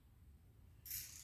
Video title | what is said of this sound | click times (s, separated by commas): building the lower end | basically turn it till it clicks that's good stuff feels good | 0.9 s